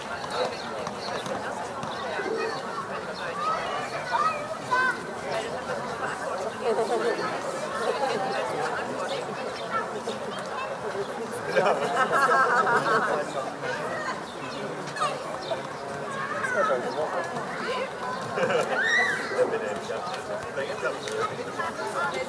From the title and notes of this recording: Summer Evening Joy and Child Play. Beer Garden.